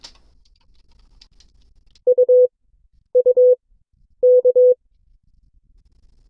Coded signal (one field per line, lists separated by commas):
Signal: Morse code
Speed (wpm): 22 wpm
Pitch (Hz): 500 Hz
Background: none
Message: U U K